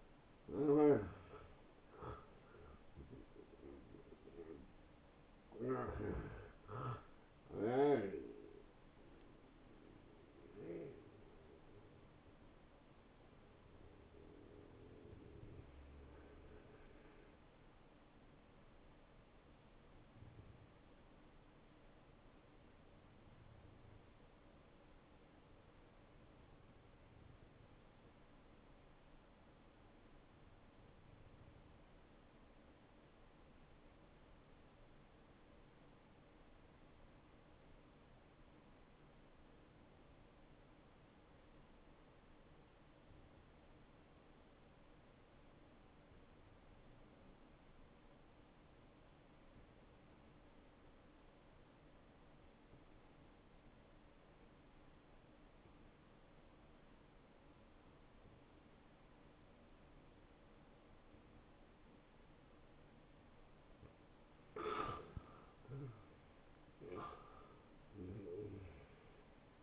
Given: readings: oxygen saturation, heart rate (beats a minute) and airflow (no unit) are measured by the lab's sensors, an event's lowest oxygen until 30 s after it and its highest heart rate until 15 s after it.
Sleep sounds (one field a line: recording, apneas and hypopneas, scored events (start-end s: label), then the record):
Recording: breathing in sleep by a voice recorder at the bedside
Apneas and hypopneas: 1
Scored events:
21.00-64.60 s: hypopnea (N1, oxygen 96% highest, then 90% lowest)
From the record:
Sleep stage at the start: N1 (lightest sleep)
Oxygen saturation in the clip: 87 to 96%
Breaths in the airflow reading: 16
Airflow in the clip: -16.1 to 11.7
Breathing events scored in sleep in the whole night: 263 in 5.5 hours asleep